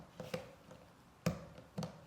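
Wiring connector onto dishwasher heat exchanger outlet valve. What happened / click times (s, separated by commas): The electrical connector clicked home / 1.3 s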